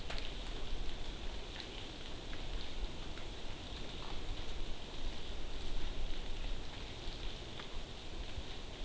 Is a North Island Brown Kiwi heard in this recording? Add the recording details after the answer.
no. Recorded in New Zealand on 12 June 2014. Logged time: 02:19